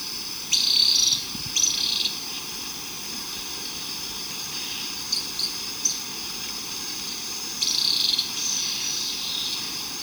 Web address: Birds of Ecuador. Ecuadorian Tyrannulet